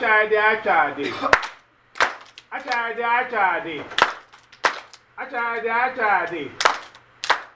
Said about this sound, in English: When I say actually, that means actually means clap. So when I say actually means clap, clap.